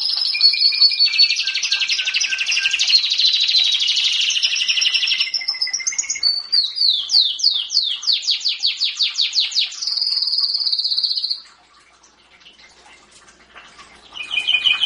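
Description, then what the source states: Canary song, loud and varied: dense high trills, a run of fast descending sweeps, a long rolled whistle, then a pause before the song resumes. Champion canary singing.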